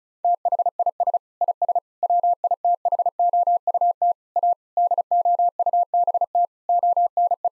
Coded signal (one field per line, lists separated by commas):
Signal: Morse code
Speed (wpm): 36 wpm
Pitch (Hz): 700 Hz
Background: none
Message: THIS IS WITHOUT A DOUBT ONE